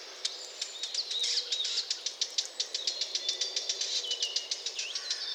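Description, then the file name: Eurasian blackcap: quick series of sharp tick notes, overlaid with looping high whistled phrases. "Sylvia atricapilla"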